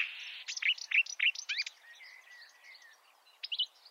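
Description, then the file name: Marsh warbler song, a quick burst of scratchy and whistled notes, then soft warbling and a couple of short notes at the end. "suara kicauan burung marsh warbler. omkicau"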